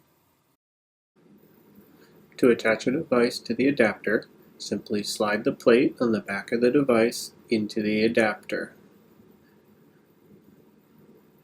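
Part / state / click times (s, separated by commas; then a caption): device mounting plate into floor stand adapter / not seated / none. The plate on the back of a device is slid into the adapter of a VarioFloat floor stand while someone talks over a quiet, steady background. Nothing has seated or clicked yet; the plate has not locked into the adapter.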